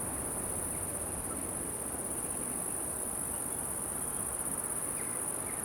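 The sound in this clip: Cricket: dense, even high trill with wind rumbling softly and barely any other calls.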